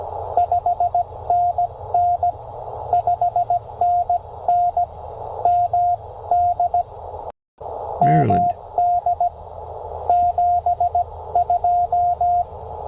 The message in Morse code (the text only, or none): 5NN 5NN MD MD 72